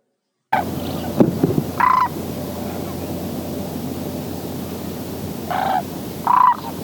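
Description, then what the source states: Sandhill crane calls, a few brief rolling trumpeting notes spread over several seconds, over a steady low rumble of background noise. Recording from the Macaulay Library at the Cornell Lab of Ornithology.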